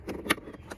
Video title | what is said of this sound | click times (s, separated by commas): Side View Mirror Replacement On 7th Gen Maxima | click in place so so | 0.3 s